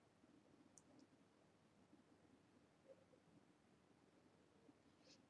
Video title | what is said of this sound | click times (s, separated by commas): Mondays with Martha #47 - Rain Barrel Basics | and then that gets snapped back into the bracket for stability | 0.8 s